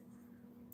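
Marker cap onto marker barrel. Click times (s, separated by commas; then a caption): 0.7 s. A cap is pushed back onto the barrel of a plastic alcohol brush marker. A low, steady hum fills the clip until the cap clicks shut at 0.7 s. The click seats the cap with a good seal, so the marker won't dry out.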